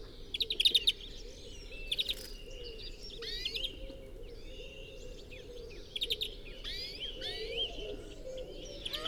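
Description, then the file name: European greenfinch singing short trilled bursts and looping twitters at intervals, with other small birds calling. "Chloris chloris"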